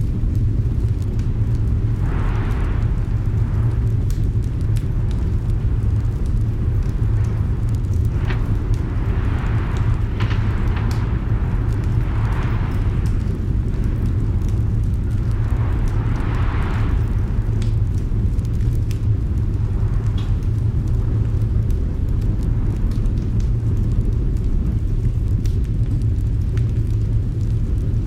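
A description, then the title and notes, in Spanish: A roaring fireplace against a storm: a heavy, steady low rumble fills the whole clip without letup. Brighter gusts of wind swell and fade every few seconds, around 2, 10, 12, 16 and 20 seconds, with faint scattered crackles throughout. Cabaña Acogedora en una Tormenta | Un Ambiente de Chimenea Rugiente. Grabado desde una cabaña acogedora adornada con una gran alfombra de lana y el fuego más grande y rugiente que jamás hayas escuchado. Afuera, una tormenta hace estragos, sus vientos azotan la casa, amenazando con sacudir sus cimientos.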